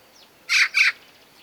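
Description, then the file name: Eurasian magpie uttering one quick pair of harsh, noisy chack notes in close succession. "Pica pica"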